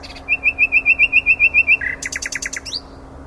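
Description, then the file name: Common nightingale song phrase: about ten clear, evenly spaced piping notes, a short low buzzy note, then a quick run of sharp sweeping clicks ending in a slurred whistle; faint steady hum. "Luscinia megarhynchos"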